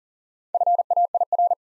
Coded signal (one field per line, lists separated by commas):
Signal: Morse code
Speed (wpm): 42 wpm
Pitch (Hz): 700 Hz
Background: none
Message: FAIR